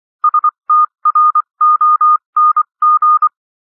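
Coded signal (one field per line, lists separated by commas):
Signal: Morse code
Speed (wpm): 24 wpm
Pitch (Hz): 1220 Hz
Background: none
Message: STRONG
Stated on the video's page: Morse code reading practice at 21-24 WPM characters with 24 WPM.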